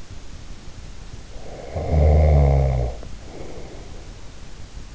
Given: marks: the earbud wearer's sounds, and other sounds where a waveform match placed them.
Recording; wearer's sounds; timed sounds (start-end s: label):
sounds in sleep by an in-ear microphone; snoring breath
1.19-4.33 s: snoring breath